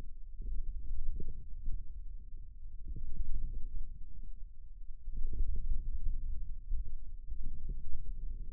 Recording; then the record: forearm muscle sounds (acoustic myography)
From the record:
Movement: wrist extension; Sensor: system 2, bracelet of six BSWA MPA416 microphones around the upper forearm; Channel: 2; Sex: male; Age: 22 years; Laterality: right